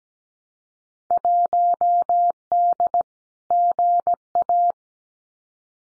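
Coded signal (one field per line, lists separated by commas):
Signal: Morse code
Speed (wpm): 17 wpm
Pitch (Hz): 700 Hz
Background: none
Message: 1D GA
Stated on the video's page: Field Day contest exchanges sent at 17 wpm as a head-copy drill, each sent in Morse, then spoken, then sent again.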